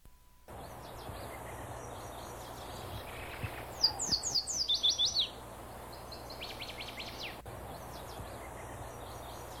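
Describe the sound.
Yellow warbler song: a fast series of high, bright, down-slurred notes, with fainter high notes before and after, over a steady low hum.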